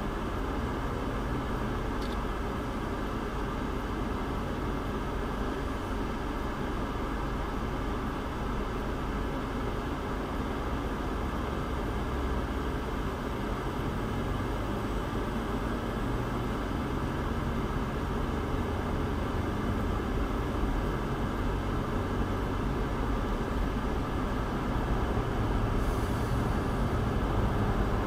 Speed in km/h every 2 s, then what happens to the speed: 10, 8, 5, 5, 6, 8, 13, 16, 21, 24, 29, 31, 29, 29.
0-7 steady at about 5. 7-21 speeds up to 31. 21-28 steady at about 29.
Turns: none.